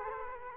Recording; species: mosquito wingbeat signal from an infrared sensor; Culex quinquefasciatus